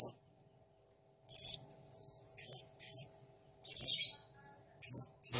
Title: Masteran Burung Serindit Masteran Serindit Gacor Jernih